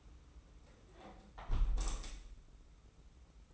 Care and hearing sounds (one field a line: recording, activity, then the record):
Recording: daily activity, microphone in the room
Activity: close window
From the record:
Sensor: 1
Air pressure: 991.3 hPa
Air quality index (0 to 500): 108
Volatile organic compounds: 95 ppm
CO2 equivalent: 3719 ppm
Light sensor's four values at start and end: 38/118/46/48 and 37/116/46/47